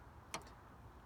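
The secondary hood safety latch on a 2015-or-newer Ram Laramie Longhorn pickup truck is slid aside and the hood is lifted. A single short, sharp tick sounds at 0.3 s over a low background hum. The latch releases and the hood opens.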